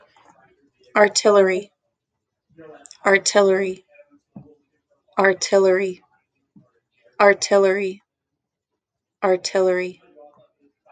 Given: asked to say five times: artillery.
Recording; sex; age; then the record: repeated word; female; 20 to 29 years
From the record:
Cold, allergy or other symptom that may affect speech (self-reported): no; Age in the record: 24 years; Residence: Montana, United States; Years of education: 12